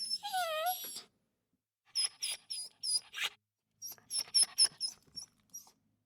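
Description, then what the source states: Dog whimpering: a few falling whines at first, then two groups of high, thin squeaky yelps with short silences between them. A small dog, whimpering in a series.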